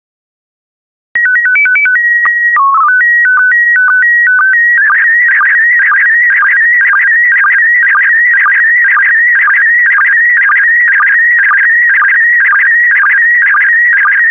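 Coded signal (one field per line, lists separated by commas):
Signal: SSTV (slow-scan television)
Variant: PD120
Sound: short stepped tone header, then a steady warbling tone with regular rhythmic blips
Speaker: Get ready. Starting transmission in 5, 4, 3, 2, 1. Transmission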